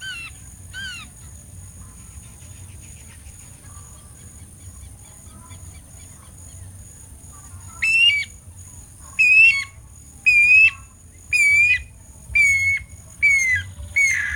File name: ANU BRANCO